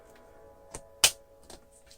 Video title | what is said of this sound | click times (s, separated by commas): 유클리어 헬멧 블루투스 장착 방법과 간단리뷰 (Uclear HBC-200D) | 소리에 날 때까지 고정을 해주고 이렇게 꽂아 주시면 | 1.0 s